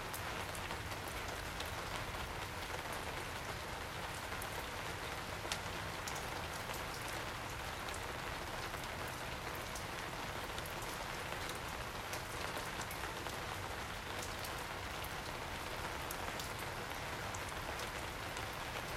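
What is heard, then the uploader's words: Steady, dense rain patters on a surface, with brief bright drop hits scattered throughout over a soft low rumble. January Rain. The rain sounds this morning we’re so beautiful!!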